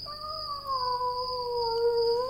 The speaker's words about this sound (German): Dieses Miauen, mein Lieber, kommt nicht aus unserer Familie. Es klingt merkwürdig fremd.